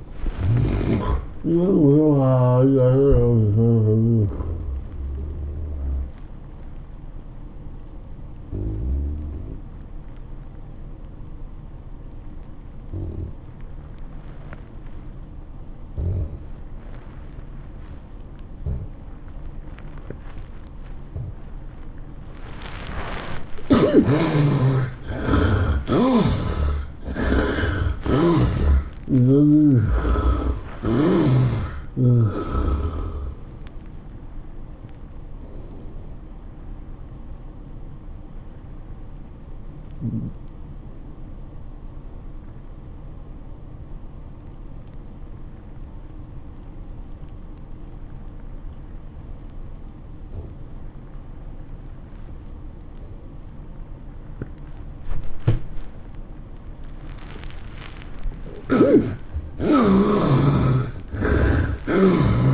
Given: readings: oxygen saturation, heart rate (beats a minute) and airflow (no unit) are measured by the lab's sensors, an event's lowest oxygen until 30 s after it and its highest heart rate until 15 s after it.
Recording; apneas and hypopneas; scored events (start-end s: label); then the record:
breathing in sleep by a smartphone at the bedside; 2
10.00-62.54 s: new sleep stage, N2 (light sleep)
11.00-24.40 s: obstructive apnea (N2, oxygen 94% highest, then 75% lowest, heart rate 96 at the start, 110 highest)
36.00-57.30 s: obstructive apnea (N2, oxygen 97% highest, then 74% lowest, heart rate 105 at the start, 107 highest)
From the record:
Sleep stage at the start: N1 (lightest sleep); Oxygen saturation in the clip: 67 to 97%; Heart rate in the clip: 83 to 115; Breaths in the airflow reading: 11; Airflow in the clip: -12.9 to 13.0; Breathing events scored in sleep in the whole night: 403 in 5.5 hours asleep